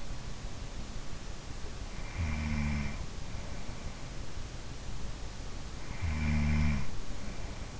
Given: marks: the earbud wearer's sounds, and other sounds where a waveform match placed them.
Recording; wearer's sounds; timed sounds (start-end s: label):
sounds in sleep by an in-ear microphone; snoring breath
1.78-3.57 s: snoring breath
5.76-7.72 s: snoring breath